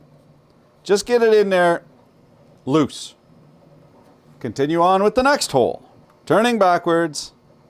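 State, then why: Not seated. Someone talks while a small screw is being placed loosely into the threaded hole of a knife blade holder and turned backwards to find the thread start. No click is heard, and nothing has seated or clicked yet.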